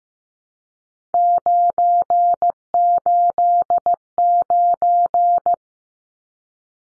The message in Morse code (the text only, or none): 989